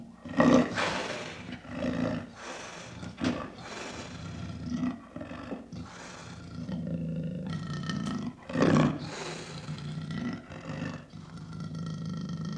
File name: leopard roars growl